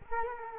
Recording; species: mosquito wingbeat signal from an infrared sensor; Culex quinquefasciatus